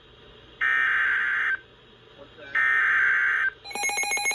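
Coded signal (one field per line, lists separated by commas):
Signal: Emergency Alert System (SAME) tones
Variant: header bursts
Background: speech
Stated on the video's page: Severe Thunderstorm Warning alerts.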